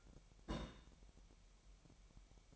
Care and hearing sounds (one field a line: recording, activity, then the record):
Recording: daily activity, microphone in the room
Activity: place on stove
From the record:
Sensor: 1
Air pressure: 1012.1 hPa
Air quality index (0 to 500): 229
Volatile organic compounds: 5 ppm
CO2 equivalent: 1825 ppm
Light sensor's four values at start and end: 65/155/66/70 and 65/155/66/70